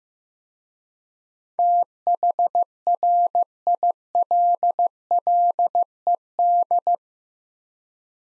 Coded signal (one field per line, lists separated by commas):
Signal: Morse code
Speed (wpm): 15 wpm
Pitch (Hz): 700 Hz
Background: none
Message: THRILLED